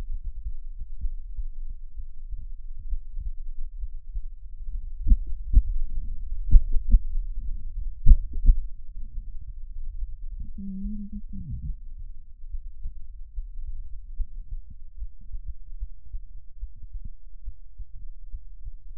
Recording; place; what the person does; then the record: lung sounds by stethoscope; right anterior apical chest; quiet breathing, then cough and speech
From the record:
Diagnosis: interstitial lung disease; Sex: female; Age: 60 years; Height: 154 cm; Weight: 68.1 kg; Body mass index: 28.7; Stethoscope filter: bell mode